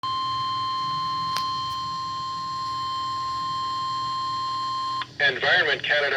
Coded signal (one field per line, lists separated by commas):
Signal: Emergency Alert System (SAME) tones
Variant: 1050 Hz attention tone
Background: speech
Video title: EAS #79 - 80 Severe Thunderstorm Warning